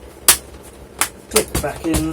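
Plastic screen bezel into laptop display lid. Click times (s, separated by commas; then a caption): 0.3 s. The plastic screen bezel of a Compaq CQ58 (CB16EA#ABU / CQ58-241SA) laptop is refitted onto the display lid, bottom edge first, then pressed around until its clips snap home. A sharp click at 0.3 s marks the clips seating, followed by softer snaps near 1.0 s and 1.4 s while someone talks briefly. The bezel is seated.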